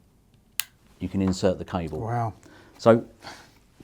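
A stripped, un-ferruled stranded wire is pushed into a snap-in push-in terminal on a DIN-rail terminal block, and the clamp snaps shut with a sharp click at 0.6 s, seating the wire. Someone talks before and after the click.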